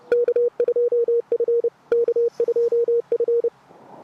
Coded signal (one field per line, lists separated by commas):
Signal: Morse code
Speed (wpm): 30 wpm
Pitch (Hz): 470 Hz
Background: none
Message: K2F K2F